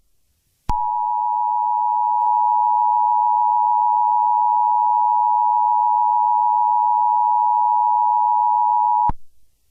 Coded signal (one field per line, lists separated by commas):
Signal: Emergency Alert System (SAME) tones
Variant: 853 and 960 Hz attention tone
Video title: EAS Scenario||Rain Rain Go away Part One